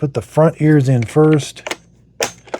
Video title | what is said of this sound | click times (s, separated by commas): Dreame L40S Ultra CE Robot Vacuum and Mop - Unboxing, Setup & REAL Cleaning Test! / Review | Push it down until you hear it click. | 2.2 s, 2.5 s